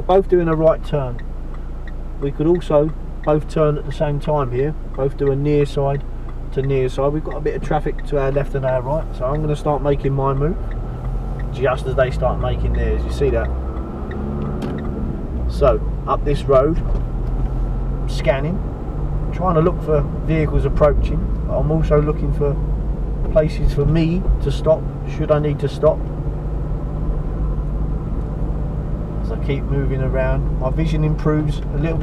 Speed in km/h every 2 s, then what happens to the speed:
0, 0, 0, 0, 0, 6, 13, 18, 19, 23, 24, 21, 21, 23, 23, 23.
0-9 standing. 9-19 pulls away to 24. 19-32 steady at about 23.